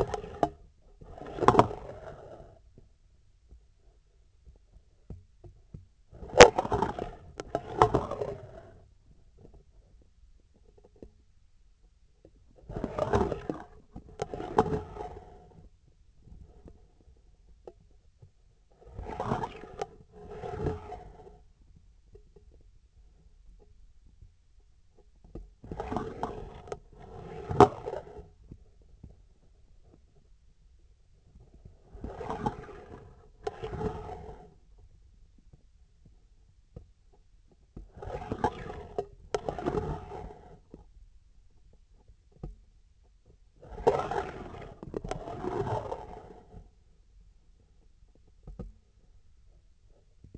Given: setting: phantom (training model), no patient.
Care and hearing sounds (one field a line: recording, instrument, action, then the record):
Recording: laparoscopic instrument, vibration sensor on the handle end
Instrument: scissors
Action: approaching and retracting movements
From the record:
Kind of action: spatial motion